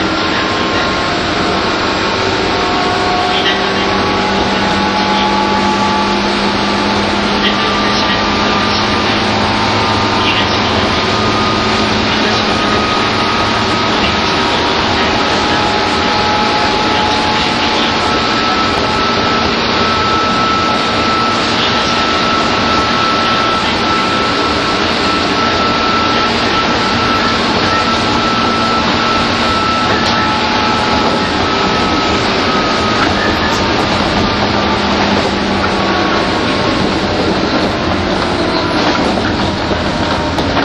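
A train ride on the Tokyo to Takao line: a steady, dense rumble and hiss of the moving train that holds an even level for the whole stretch. Faint whining tones near the middle drift slowly up and down, with a low hum underneath.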